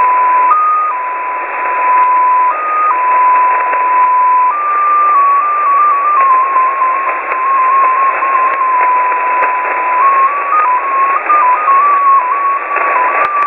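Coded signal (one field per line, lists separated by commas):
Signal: numbers station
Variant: XPA2 polytone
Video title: Russian XPA2 polytone number station at 14538 kHz (long message)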